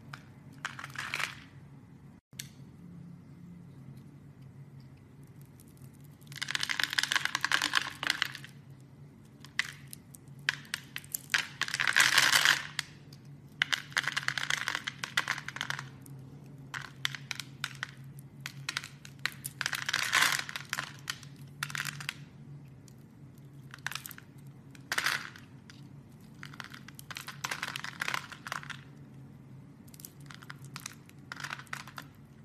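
Soap being carved: short, dry scraping strokes come in irregular bursts, with longer scrapes around 6–8 and 12 seconds and quicker flicks later. A steady low hum runs underneath throughout, and quiet gaps separate many of the cuts.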